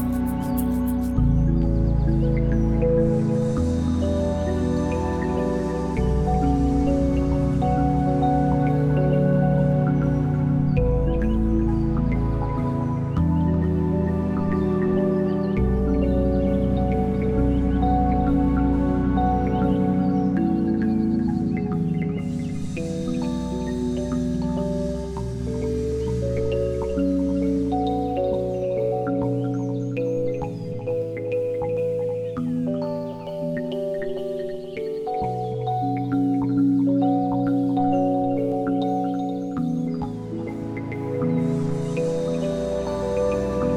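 Melodies of the Water Drops unfolds as calm, sustained music with deep bass notes under layered held tones that change every few seconds. A soft, bright shimmer swells in near the start, again around 22 seconds and near the end, while the loudness stays even throughout.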